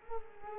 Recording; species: mosquito wingbeat signal from an infrared sensor; Culex quinquefasciatus